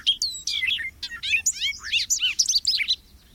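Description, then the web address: Bobolink singing a quick burst of bright, jangling notes that leap and slide in pitch, crowded tightly together before ending abruptly. Bubbly, jangling song, likened to a meadowlark plucking a banjo; North America. "Birdnote. Bobolinks"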